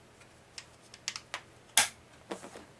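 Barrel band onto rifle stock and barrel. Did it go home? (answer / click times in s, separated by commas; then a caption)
yes / 1.8 s. During reassembly after cleaning, the barrel band of an M1 carbine is slid back over the rifle's stock and barrel, making a few light ticking clicks. It then snaps sharply into its seat at 1.8 s, followed by a couple of softer clicks. The barrel band is seated.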